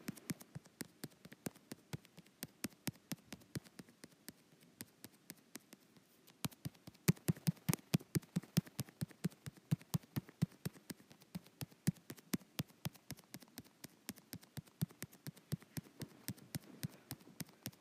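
Fingertips tap rapidly on a touch screen, each tap a sharp, dry click. The taps come in a quick, uneven patter like light rain, growing denser and louder after about six seconds and continuing steadily to the end over a faint low murmur.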